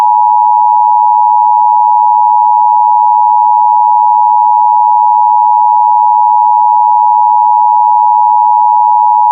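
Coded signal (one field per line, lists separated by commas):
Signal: Emergency Alert System (SAME) tones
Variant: 853 and 960 Hz attention tone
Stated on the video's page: Simulated tsunami warning for a hypothetical offshore earthquake scenario, not a real alert.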